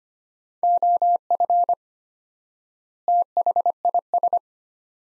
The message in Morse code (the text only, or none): OF THIS